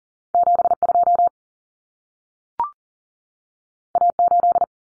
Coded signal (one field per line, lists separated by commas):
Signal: Morse code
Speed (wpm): 40 wpm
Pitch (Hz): 700 Hz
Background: none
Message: 72 A8